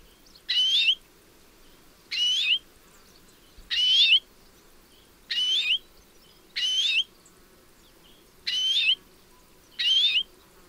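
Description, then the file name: European greenfinch calls, short bright twisting notes repeated at intervals, seven in all, over a quiet background. "Chloris chloris"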